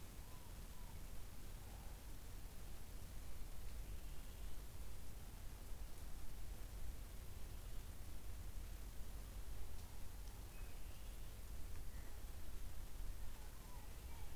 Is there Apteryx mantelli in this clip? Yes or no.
no